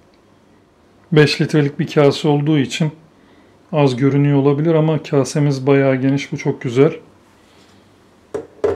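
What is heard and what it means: Someone talks, then a 5-litre mixing bowl holding flour is set onto a Cookplus stand mixer base and turned until it locks. Two short sharp clicks are heard at 8.3 s and 8.7 s. The bowl is seated and fixed in place.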